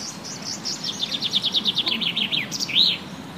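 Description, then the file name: Common chaffinch song: a quick series of high repeated notes sliding gradually lower, ending with a short flourish and a sweeping arched note that rises then falls, against a faint low rumble. "Fringilla coelebs"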